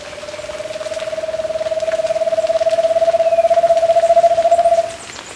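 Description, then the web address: Undulated Antpitta song: a long, low, hollow pulsed trill, slowly rising in pitch and swelling in volume for about five seconds before stopping abruptly, over faint forest hiss. Ecuador. "Birds of Ecuador 2. Undulated Antpitta"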